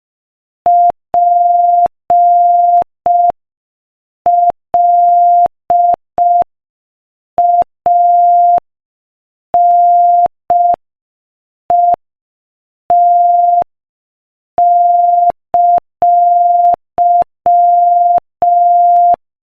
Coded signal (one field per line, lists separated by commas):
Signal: Morse code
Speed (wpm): 5 wpm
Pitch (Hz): 700 Hz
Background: none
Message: PLANET!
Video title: Morse Code Practice: 5 wpm Joke #4